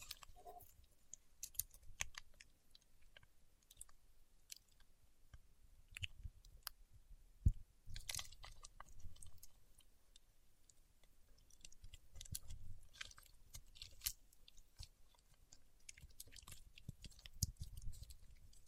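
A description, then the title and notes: Dry crackling and peeling of paraffin wax, with many small clicks, taps and scratchy bursts scattered unevenly through the clip. A soft low rumble swells and fades in waves underneath, and a sharper tap stands out around the middle. ASMR Paraffin Wax Peeling, Tapping and Scratching (No Talking).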